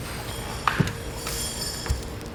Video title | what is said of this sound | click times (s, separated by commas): etrailer - Installation: Konig Easy Fit Tire Chains on a 2020 Toyota RAV4 | you go now you're supposed to hear two clicks one two clicks and you know you're done | 0.7 s